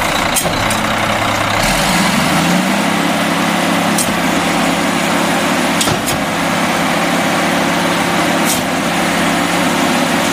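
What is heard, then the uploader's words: A garbage truck's engine drones steadily throughout, its low rumble rising in pitch around two seconds as it revs and then holding level. Brief clanks and knocks punctuate it near the start, at about four and six seconds, and again around eight and a half. Garbage Trucks.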